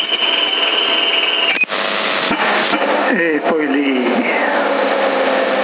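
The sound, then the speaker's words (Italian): A car engine, started with a booster because the battery will not start it, running loudly and steadily, with a short jolt early on and a few rising and falling revs midway, while a voice speaks briefly over it. “Lo so, me l'ha fatto già due volte a lasciarmi a piedi, ma qua c'ho il booster e la metto in moto ugualmente.”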